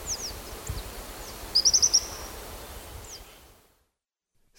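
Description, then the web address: Tropical kingbird calls, high thin twittering notes with a quick burst of five rapid chips, over steady background hiss before cutting to silence. Eastern lowlands of South America. "Natures Songs S America Eastern Lowlands. Tropical Kingbird"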